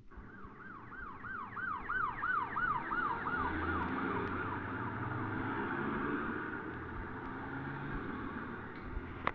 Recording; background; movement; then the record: deep breathing; traffic; sitting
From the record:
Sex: male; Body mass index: 20.5 kg/m2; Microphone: on the chest, facing the body